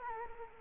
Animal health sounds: mosquito wingbeat signal from an infrared sensor; Culex quinquefasciatus

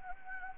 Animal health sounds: mosquito wingbeat signal from an infrared sensor; Anopheles gambiae

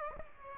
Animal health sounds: mosquito wingbeat signal from an infrared sensor; Aedes aegypti

